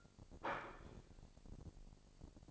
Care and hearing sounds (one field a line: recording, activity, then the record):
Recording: daily activity, microphone in the room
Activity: place plate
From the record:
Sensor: 5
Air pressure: 1007.6 hPa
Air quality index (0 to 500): 89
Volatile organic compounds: 1 ppm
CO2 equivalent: 701 ppm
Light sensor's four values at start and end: 34/80/33/33 and 34/80/33/33